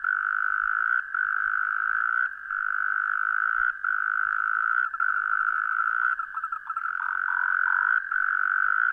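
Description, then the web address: Frog calling in a steady, high, buzzy trill that runs in bursts of about one to two seconds, broken by brief gaps. Recorded on 17 January 2015. "frog rec 150117"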